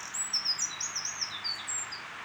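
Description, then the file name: Eurasian wren song, a fast run of very high, sharp whistled notes and short slurs, tumbling quickly over a steady background hiss. "Troglodytes troglodytes"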